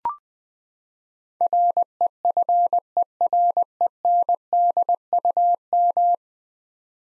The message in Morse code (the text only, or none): REFERENDUM